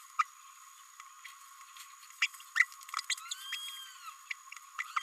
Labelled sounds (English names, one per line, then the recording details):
Green-rumped Parrotlet babbling
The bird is a female
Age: 29 days
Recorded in a nest box in Venezuela
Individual 17B32A5